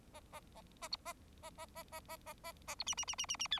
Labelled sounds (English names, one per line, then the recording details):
Bengalese Finch song
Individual Bird4